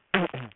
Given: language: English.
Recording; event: throat vibration sensor signal played as sound; throat clearing